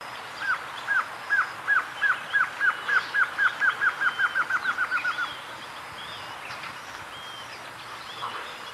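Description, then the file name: Glossy antshrike song, a quickening run of short slurred notes lasting about five seconds, then faint background sounds. "Canto do choca dagua"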